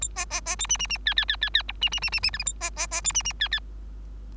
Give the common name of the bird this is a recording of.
Bengalese Finch